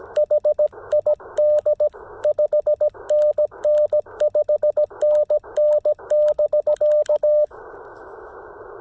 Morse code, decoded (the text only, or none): H ID 5NN 5NN <BK>